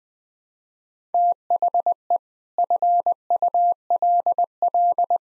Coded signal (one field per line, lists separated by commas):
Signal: Morse code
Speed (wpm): 20 wpm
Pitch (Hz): 700 Hz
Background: none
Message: THE FULL